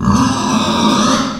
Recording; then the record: squeal of a Yucatan mini pig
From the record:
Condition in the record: after surgery on the right vocal fold (resection and tissue-engineered implant); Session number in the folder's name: 14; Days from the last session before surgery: 133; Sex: female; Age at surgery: 19 weeks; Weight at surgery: 25 kg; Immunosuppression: prednisolone